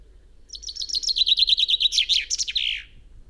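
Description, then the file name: Common chaffinch song: a single rapid series of sweet notes, then a quick closing flourish, lasting about two and a half seconds. "Fringilla coelebs"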